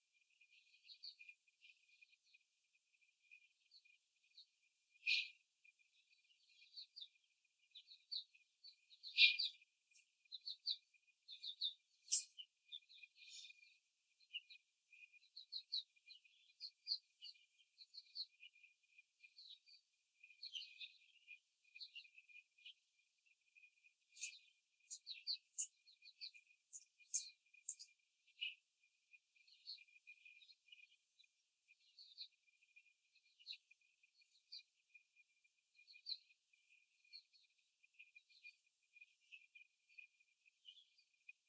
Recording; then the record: young laying hens in a cage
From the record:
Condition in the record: before the stressor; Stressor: simulated dog barking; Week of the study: 3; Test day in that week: 2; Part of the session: 2